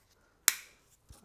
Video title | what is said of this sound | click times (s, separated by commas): BMW E36 M3 engine refresh continues - Project Dakar: Episode 9 | These pretty much just snap into place | 0.5 s